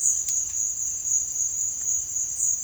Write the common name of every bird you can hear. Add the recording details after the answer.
none. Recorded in dense forest near Puerto Asís, Putumayo, Colombia, on 20 February 2024 at 06:30. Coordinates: 0.505, -76.324. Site G6467